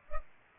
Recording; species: mosquito wingbeat signal from an infrared sensor; Culex pipiens